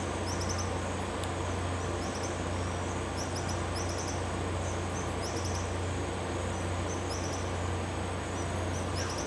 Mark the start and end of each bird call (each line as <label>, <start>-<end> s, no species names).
bird call, 0.29-0.67 s
bird call, 1.96-2.29 s
bird call, 3.13-4.21 s
bird call, 4.60-5.73 s
bird call, 6.56-7.42 s
bird call, 8.35-9.23 s